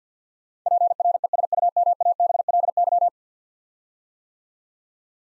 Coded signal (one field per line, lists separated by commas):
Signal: Morse code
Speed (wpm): 47 wpm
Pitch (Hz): 700 Hz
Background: none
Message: PRESUMABLY